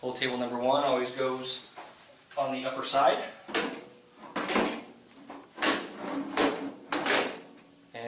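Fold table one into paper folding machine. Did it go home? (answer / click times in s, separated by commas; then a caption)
yes / 6.9 s. Someone talks while fold table number one, a metal/plastic tray, is fitted on the upper side of a Martin Yale Mark VII paper folding machine. Knocks and sliding sounds come at about 3.6 s and 4.5 s. The table snaps into place with a sharp click at 6.9 s.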